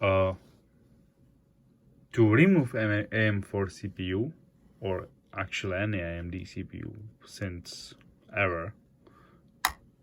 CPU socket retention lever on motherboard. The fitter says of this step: to undo this latch and